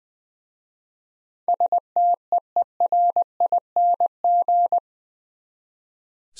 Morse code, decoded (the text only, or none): STEERING